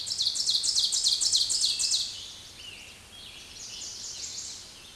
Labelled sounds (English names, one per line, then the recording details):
Ovenbird song
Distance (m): 15 m
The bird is about 5 m above the microphone
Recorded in a Pennsylvania forest on 16 May 2024 at 06:33
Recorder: AudioMoth, point MSD-0475
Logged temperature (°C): 12.3 °C
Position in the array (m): 135 m, 5 m